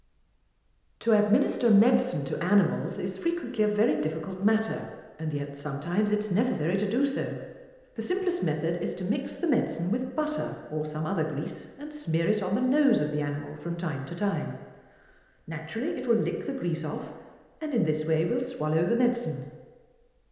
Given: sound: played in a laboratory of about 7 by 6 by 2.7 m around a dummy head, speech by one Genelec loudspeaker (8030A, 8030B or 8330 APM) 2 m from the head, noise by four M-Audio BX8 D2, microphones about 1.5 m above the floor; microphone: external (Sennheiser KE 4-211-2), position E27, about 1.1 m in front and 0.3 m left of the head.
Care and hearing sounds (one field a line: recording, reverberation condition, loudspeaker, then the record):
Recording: female speech in English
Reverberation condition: high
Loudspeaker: in front (0 degrees)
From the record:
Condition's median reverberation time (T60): about 1300 ms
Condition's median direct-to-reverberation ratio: about -4.0 dB